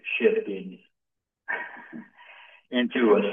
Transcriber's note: laughs